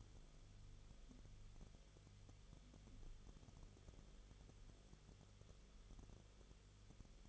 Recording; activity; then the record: daily activity, microphone in the room; no activity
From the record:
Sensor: 4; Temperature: 22.9 degrees Celsius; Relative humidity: 34.4%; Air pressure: 1011.5 hPa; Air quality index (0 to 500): 193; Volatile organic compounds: 13 ppm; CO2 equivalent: 2388 ppm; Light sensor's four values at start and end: 2/3/1/1 and 2/3/1/1